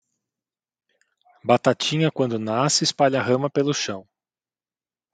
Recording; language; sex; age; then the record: short text; Brazilian Portuguese; male; 40 to 49 years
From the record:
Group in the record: control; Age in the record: 48 years